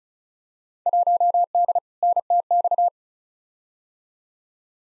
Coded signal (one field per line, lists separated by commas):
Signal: Morse code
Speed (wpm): 36 wpm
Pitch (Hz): 700 Hz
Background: none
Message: 1D NTX